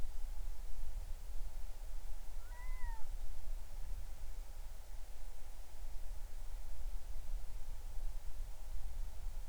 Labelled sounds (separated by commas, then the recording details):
bird
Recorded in the Arctic National Wildlife Refuge, Alaska, on 20 July 2019 at 03:02
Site 38